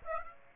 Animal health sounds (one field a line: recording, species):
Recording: mosquito wingbeat signal from an infrared sensor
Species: Aedes aegypti